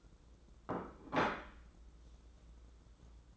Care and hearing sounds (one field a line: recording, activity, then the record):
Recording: daily activity, microphone in the room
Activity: place plate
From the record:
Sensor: 3